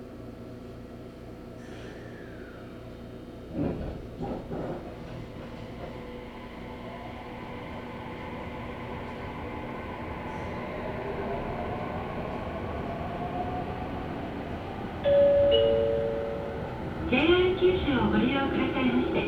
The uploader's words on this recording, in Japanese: 音の旅 佐世保線 有田→北方。普通列車鳥栖行きに乗車します。